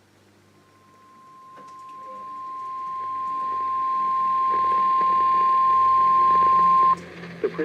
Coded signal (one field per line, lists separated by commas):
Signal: Emergency Alert System (SAME) tones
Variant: 1050 Hz attention tone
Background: speech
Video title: NOAA Radio (EAS # 629-630) Required Weekly Tests 3/27/19